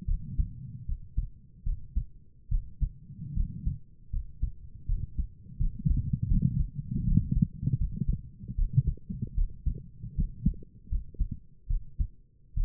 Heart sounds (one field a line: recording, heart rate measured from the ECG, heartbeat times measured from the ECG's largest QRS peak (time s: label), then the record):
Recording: heart sounds by stethoscope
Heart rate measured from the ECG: 77 bpm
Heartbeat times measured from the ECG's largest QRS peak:
0.07 s: heartbeat
0.87 s: heartbeat
1.65 s: heartbeat
2.50 s: heartbeat
3.35 s: heartbeat
4.11 s: heartbeat
4.87 s: heartbeat
5.59 s: heartbeat
6.29 s: heartbeat
7.06 s: heartbeat
7.79 s: heartbeat
8.57 s: heartbeat
9.36 s: heartbeat
10.16 s: heartbeat
10.90 s: heartbeat
11.68 s: heartbeat
12.55 s: heartbeat
From the record:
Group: healthy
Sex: female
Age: 22 years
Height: 163 cm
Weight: 67.1 kg